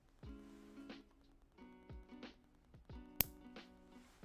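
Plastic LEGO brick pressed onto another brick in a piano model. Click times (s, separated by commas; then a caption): 3.2 s. A plastic LEGO brick is pressed onto another brick in a LEGO piano model (LEGO Model 213232). Over repeating musical piano notes, a sharp, loud snap rings out at 3.2 seconds as the parts click together and seat.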